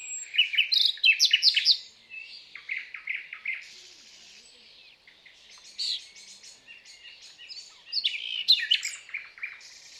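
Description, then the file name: Common nightingale song in bursts: fast stuttering notes, short buzzy runs and sweeping whistles, separated by brief quieter gaps. "Luscinia megarhynchos"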